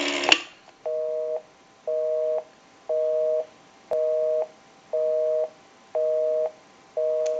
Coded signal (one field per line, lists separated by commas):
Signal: telephone call progress tone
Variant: North America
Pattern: busy tone